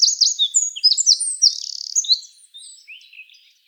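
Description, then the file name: Eurasian wren song fragment, high sharp notes and a brief fast trill, then fading softer notes. "Troglodytes troglodytes"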